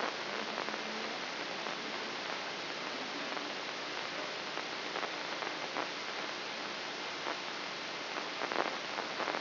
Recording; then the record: brain microelectrode recording played as sound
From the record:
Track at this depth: outside the subthalamic nucleus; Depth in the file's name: 7.504 mm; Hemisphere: left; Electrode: 3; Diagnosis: Parkinson's disease